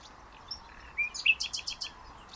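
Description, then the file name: Common nightingale song fragment: a brief whistled note followed by a rapid series of loud chipping notes, with soft hiss behind. "Luscinia megarhynchos"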